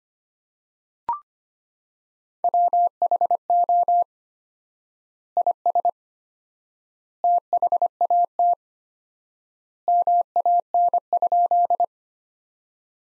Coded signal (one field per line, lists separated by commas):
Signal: Morse code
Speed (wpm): 25 wpm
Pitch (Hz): 700 Hz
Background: none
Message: WHO IS THAT MAN?